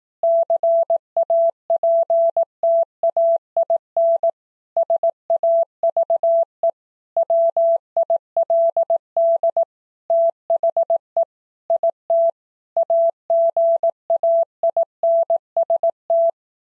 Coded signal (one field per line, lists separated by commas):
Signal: Morse code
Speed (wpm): 18 wpm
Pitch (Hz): 670 Hz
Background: none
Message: CAPTAIN SAVE WILD THE IT AGAINST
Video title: Morse Code: words at 18wpm